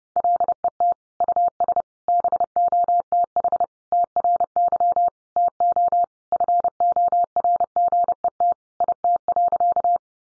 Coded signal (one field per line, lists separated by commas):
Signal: Morse code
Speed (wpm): 30 wpm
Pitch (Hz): 700 Hz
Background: none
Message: LET US BOTH TRY TO FORGET IT.